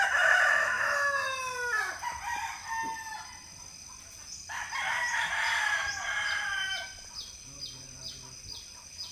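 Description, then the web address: Chicken calls, two loud harmonic calls falling in pitch, then a run of quick repeated chirps, all over a steady high hum. Several hens calling together in a quiet village in the Philippines, early morning. "Philippines sound library by Faunethic Village quiet chicken hen symphony early the morning"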